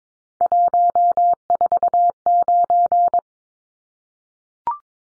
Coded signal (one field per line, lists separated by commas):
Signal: Morse code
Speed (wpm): 22 wpm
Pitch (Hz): 700 Hz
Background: none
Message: 149